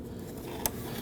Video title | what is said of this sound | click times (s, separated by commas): How to Replace AC Condenser & Receiver Drier Assembly 2009-2017 Volvo XC60 | You can normally feel it and hear it click in. | 0.7 s